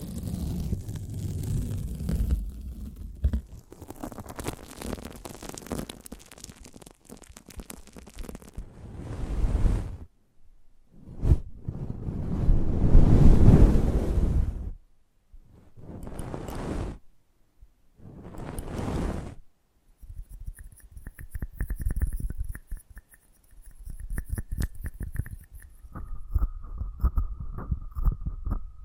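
Close-up mic treatment: muffled rubbing and whooshing against the microphone, deep and rumbling, arriving in swells of one to a few seconds separated by silent gaps. From about twenty seconds it shifts to finer, crackly scratching over a faint steady whine.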